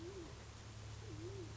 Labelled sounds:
Band-tailed Pigeon (Patagioenas fasciata)

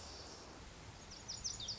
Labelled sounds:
Lazuli Bunting (Passerina amoena)

